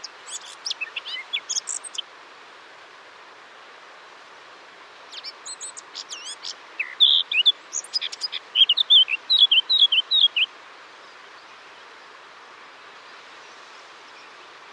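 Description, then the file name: Eurasian blackcap delivering two bursts of song: brief twittering notes first, then after a pause a long, varied warble with bright whistled phrases. "Sylvia atricapilla"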